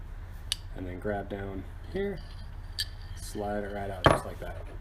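While field stripping an XD Mod.2 pistol, the barrel is pushed up inside the slide and pops free of its locked position with one sharp click at 0.5 s. Someone talks throughout, and the barrel is released.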